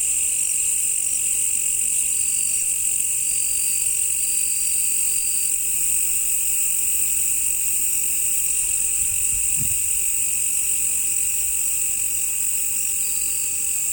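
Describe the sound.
Crickets trilling constantly in an even, high shrill drone, with one brief low thud partway through.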